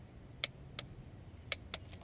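A torque wrench tightens the last spark plug into the cylinder head of a 1994–2002 Saab 93 turbo, clicking sharply at its setting at 0.4 s and again at 1.5 s, with softer ticks at 0.8 s and 1.7 s over a low background hum. The torque setting is confirmed, and all the plugs are torqued.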